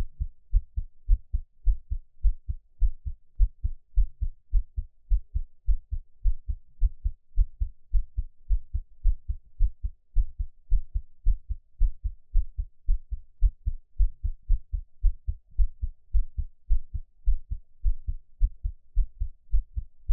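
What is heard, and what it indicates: Steady, regular low thumping heartbeat of an adult, heard close up, with no talking or other sounds; an ASMR heartbeat meant for listening on headphones.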